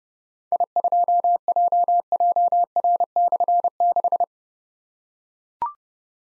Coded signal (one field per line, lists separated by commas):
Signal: Morse code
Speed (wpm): 30 wpm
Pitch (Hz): 700 Hz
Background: none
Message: I2JJR/6